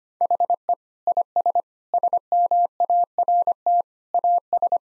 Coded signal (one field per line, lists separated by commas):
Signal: Morse code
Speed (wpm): 25 wpm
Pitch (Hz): 700 Hz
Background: none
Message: HE IS SMART AS